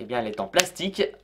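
Someone talks while handling the included plastic protective case for a Huawei Mate 10 Lite smartphone, about to clip it on. Nothing has seated or clicked yet.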